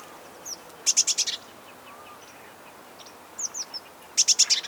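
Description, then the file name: Eurasian blue tit calling: two quick bursts of four or five thin, very high notes, with soft falling whistled notes between them. "Cyanistes caeruleus"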